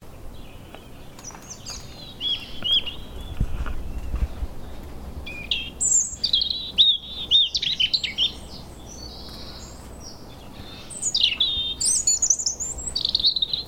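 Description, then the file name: European robin song: thin, high warbled phrases with sudden pitch jumps, fainter at first and louder from midway, over a steady low background rumble. "Erithacus rubecula"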